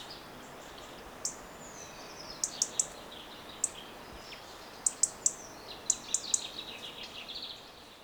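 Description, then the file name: European robin uttering thin, high-pitched tick notes, singly and in quick pairs or triplets at irregular intervals, with faint high twittering and constant hiss behind. "Erithacus rubecula"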